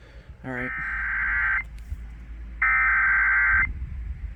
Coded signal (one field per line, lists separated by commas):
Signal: Emergency Alert System (SAME) tones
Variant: header bursts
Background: speech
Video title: Welcome Home and KDKA's EMNet Obsession... (EAS Alerts from 8/1-3/22) (EAS # 1213-1240)